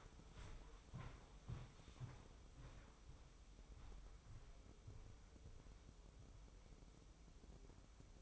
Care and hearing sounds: daily activity, microphone in the room; walk to room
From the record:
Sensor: 1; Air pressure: 995.6 hPa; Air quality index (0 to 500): 37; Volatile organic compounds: 1 ppm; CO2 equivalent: 629 ppm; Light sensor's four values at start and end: 29/101/39/40 and 30/105/40/41

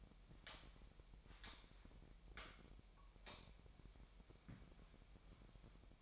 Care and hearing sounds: daily activity, microphone in the room; light on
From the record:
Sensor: 1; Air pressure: 1012.0 hPa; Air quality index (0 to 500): 233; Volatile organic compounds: 6 ppm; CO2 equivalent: 1856 ppm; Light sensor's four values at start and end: 14/33/14/16 and 17/48/19/21

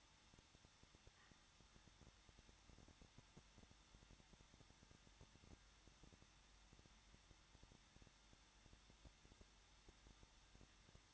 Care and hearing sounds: daily activity, microphone in the room; no activity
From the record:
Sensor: 3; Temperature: 21.2 degrees Celsius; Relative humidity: 36.4%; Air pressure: 1006.4 hPa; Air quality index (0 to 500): 223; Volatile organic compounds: 43 ppm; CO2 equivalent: 3191 ppm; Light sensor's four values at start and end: 2/3/2/2 and 2/3/2/2

